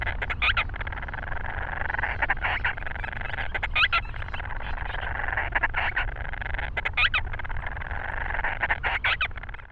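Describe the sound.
Grant's storm petrel, harsh churring bursts with thin squeaks, repeated against constant low roaring background noise.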